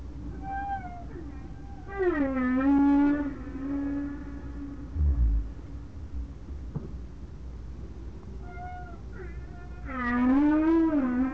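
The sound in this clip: Whale calls: wavering, mewing tonal cries that rise and fall, in two bursts several seconds apart, with a faint whistle and steady low background rumble.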